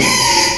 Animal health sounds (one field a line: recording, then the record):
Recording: squeal of a Yucatan mini pig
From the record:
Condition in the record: before surgery on the right vocal fold (resection and tissue-engineered implant)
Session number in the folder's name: 2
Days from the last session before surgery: 0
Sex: male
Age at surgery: 12 weeks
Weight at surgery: 13 kg